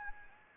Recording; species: mosquito wingbeat signal from an infrared sensor; Anopheles gambiae